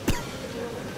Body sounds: coughing mixed with background sound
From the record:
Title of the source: Coughing 51

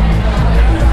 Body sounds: background sound without coughing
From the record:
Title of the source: Party Noise 1 Hour Party Ambience

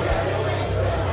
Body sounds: background sound without coughing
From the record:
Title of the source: CITY SOUNDS Busy Bar in the Evening Night - 2 HOURS of Ambiance for Relaxation

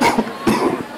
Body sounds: coughing mixed with background sound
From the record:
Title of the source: Coughing 77

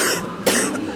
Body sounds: coughing mixed with background sound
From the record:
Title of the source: 34 coughing up crap again

